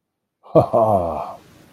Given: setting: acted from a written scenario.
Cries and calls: vocal sound without words; adoration

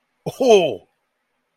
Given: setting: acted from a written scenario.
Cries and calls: vocal sound without words; awe

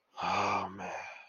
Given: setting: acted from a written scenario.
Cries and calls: vocal sound without words; shame

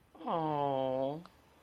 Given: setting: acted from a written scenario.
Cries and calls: vocal sound without words; adoration

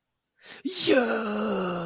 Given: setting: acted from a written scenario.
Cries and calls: vocal sound without words; embarrassment

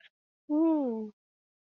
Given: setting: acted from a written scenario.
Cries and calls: vocal sound without words; contentment

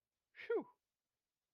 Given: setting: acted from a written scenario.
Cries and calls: vocal sound without words; relief

